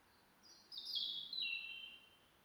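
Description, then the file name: European robin song phrase: one thin, high, sweet warble lasting about a second and a half, sliding gradually downward and ending on a lower sustained note. "Erithacus rubecula"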